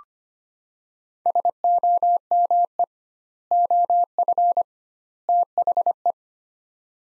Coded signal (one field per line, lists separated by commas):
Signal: Morse code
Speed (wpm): 25 wpm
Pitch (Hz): 700 Hz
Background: none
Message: SOME OF THE